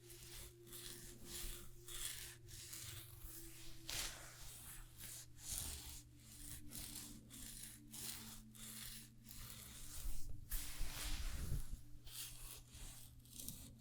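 A stone spa treatment, heard as a steady low hum under soft rubbing and brushing strokes. The strokes come in a loose, regular rhythm, about two per second, with a few louder, brighter swipes near the four- and eleven-second marks.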